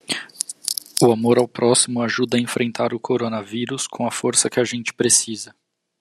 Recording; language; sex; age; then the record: spoken sentence; Brazilian Portuguese; male; 30 to 39 years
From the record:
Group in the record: control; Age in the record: 35 years